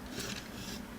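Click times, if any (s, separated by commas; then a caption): none. A plastic part on a transforming action figure is pushed toward its mating slot on the figure, but it fails to lock into place and just sits there. Only a low, steady hum and faint rustle are heard, with no sharp transient. The part has not seated or clicked yet.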